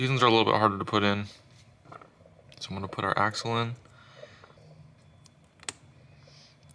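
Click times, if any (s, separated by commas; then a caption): 5.7 s. Someone talks while the front axle shaft of an SCX24 Jeep RC crawler is pushed into a new Hot Racing brass front steering knuckle, with faint small clicks and handling noise along the way. The shaft pops into the knuckle with a sharp click at 5.7 s and is seated.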